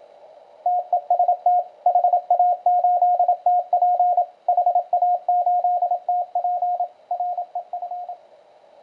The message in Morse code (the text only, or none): TEST HA8TP HA8TP REF